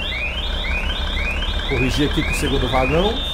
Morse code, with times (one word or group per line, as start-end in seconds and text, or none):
none